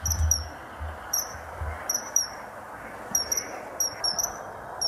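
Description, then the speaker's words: Common Kingfisher contact calls: thin, very high whistles, often in quick pairs, repeated every second or so over a steady broad hiss with a few low thumps. Played back on radio; a female and a male chatting with each other, possibly deciding which nesting burrow to use this year; described as not a big noisemaker. "Maar hoe die klinkt, moeten we ook even laten horen op de radio. Dus dit is de ijsvogel."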